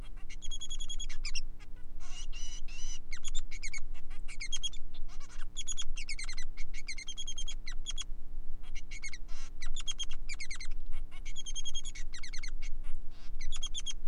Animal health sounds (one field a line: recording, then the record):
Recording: song of a male Bengalese finch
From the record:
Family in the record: son of father 3